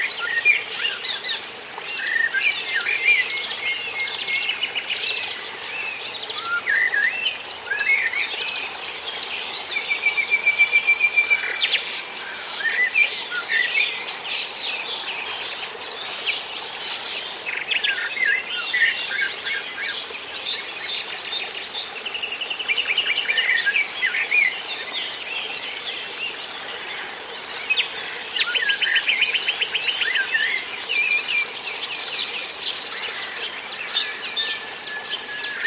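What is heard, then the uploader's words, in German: Birds call and sing on a morning by a pond, a dense chorus of overlapping chirps, trills and whistles from several directions. Beneath them runs a steady, soft hiss of water and insects, with little low sound. Morgenstimmung am Reinheimer Teich. 15 Minuten Naturgeräusche ohne Kommentar. Die Wassergeräusche und Vogelstimmen.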